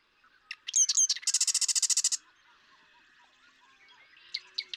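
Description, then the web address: Marsh Wren song: a few sharp introductory ticks, then a fast rattling trill of buzzy, repeated high notes lasting about a second, with faint chips afterward. "birdsongforthecurious Marsh Wren"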